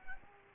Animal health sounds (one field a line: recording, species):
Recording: mosquito wingbeat signal from an infrared sensor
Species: Culex quinquefasciatus